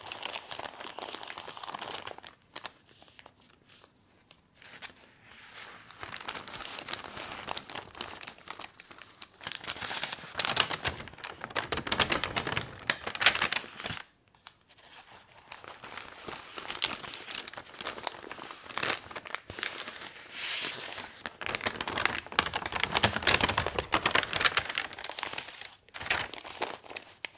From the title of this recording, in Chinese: 看报纸